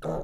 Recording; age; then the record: pig call; piglet (1 to 25 days)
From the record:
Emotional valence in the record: negative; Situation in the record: long isolation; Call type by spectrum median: low-frequency call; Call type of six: mixed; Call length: 0.24 s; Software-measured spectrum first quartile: 179 Hz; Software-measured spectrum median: 437 Hz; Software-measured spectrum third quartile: 634 Hz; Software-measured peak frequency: 538 Hz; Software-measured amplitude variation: 94 dB a second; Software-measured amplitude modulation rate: 18.8 a second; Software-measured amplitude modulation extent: 5.0 dB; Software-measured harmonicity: 0.7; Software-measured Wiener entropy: -0.39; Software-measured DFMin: 746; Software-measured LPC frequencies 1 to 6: 560, 1293, 2558, 3839, 5964, 6643 Hz